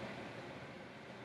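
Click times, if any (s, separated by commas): none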